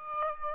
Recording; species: mosquito wingbeat signal from an infrared sensor; Aedes aegypti